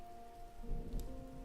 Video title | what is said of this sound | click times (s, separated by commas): 【Gunpla】RG RX-93 v Gundam pt. 3 | That one snapped. | 1.0 s